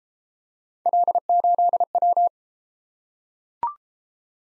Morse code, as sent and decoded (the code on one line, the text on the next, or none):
.-.. ---.. .--
L8W